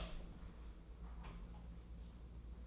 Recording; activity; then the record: daily activity, microphone in the room; open door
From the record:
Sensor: 1